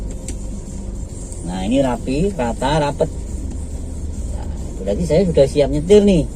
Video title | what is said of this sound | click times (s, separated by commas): Belajar Nyetir Mobil di LPK Mutiara Woman Can Drive - Ambil Paket Fast Drive 4 Jam Non Stop! | bunyi klik nah | 0.3 s